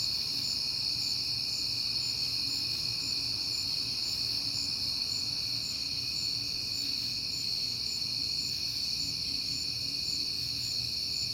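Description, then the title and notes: Cricket chorus of continuous high trills, one voice pulsing rapidly above a steady shrill band, over a soft low background rumble. Crickets heard often in September; recorded at night on a peaceful night. "Night Time: Crickets and Passing Cars. It is September and I have been hearing the crickets a lot, but finally had a peaceful night to make the recording"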